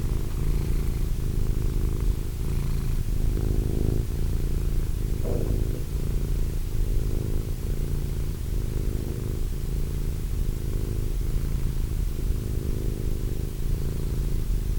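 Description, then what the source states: Cat purring, a steady low rumble that swells and fades in rhythmic breathing cycles throughout, with no other clear sounds. Cat named Wilson.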